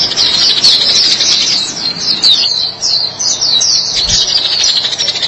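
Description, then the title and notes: White-eye song: a continuous high, rapid twittering of thin descending chirps, packed tightly and mostly steady throughout. "Suara kicauan burung pleci"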